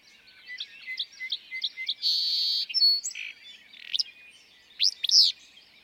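Willow flycatcher song, with loud sneezy bursts near the end after a run of quick chips and a steady buzz.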